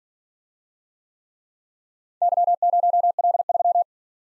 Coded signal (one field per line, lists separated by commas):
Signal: Morse code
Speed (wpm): 47 wpm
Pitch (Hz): 700 Hz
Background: none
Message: Y0L3